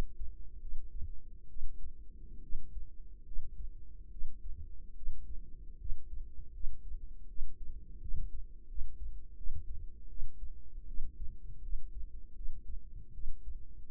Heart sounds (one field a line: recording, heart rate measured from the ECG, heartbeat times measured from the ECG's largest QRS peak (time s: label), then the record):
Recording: heart sounds by microphone in the right ear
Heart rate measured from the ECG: 77 bpm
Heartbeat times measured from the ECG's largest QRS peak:
0.61 s: heartbeat
1.48 s: heartbeat
2.41 s: heartbeat
3.25 s: heartbeat
4.10 s: heartbeat
4.95 s: heartbeat
5.78 s: heartbeat
6.52 s: heartbeat
7.27 s: heartbeat
8.00 s: heartbeat
8.67 s: heartbeat
9.36 s: heartbeat
10.08 s: heartbeat
10.87 s: heartbeat
11.62 s: heartbeat
12.34 s: heartbeat
13.13 s: heartbeat
From the record:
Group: healthy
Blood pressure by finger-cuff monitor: 104/54 mmHg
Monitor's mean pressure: 68 mmHg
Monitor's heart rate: 79 bpm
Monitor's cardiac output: 7.4 L/min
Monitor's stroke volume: 93 mL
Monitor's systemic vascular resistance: 670 dyn s/cm5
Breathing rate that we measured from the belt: 20 breaths a minute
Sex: female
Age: 22 years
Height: 157 cm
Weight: 47.6 kg